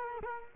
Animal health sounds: mosquito wingbeat signal from an infrared sensor; Culex quinquefasciatus

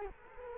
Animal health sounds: mosquito wingbeat signal from an infrared sensor; Culex quinquefasciatus

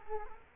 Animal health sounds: mosquito wingbeat signal from an infrared sensor; Culex quinquefasciatus

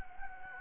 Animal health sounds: mosquito wingbeat signal from an infrared sensor; Anopheles gambiae

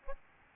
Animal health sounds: mosquito wingbeat signal from an infrared sensor; Aedes albopictus

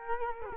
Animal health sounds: mosquito wingbeat signal from an infrared sensor; Culex quinquefasciatus

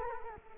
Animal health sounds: mosquito wingbeat signal from an infrared sensor; Culex quinquefasciatus

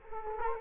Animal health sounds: mosquito wingbeat signal from an infrared sensor; Culex quinquefasciatus

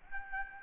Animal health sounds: mosquito wingbeat signal from an infrared sensor; Aedes albopictus

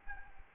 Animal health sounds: mosquito wingbeat signal from an infrared sensor; Aedes albopictus

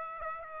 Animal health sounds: mosquito wingbeat signal from an infrared sensor; Aedes aegypti

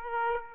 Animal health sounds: mosquito wingbeat signal from an infrared sensor; Aedes aegypti

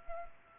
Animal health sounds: mosquito wingbeat signal from an infrared sensor; Culex pipiens

